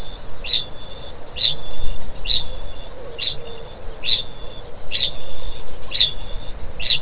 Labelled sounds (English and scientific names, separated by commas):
Kākāpō (Strigops habroptilus) ching call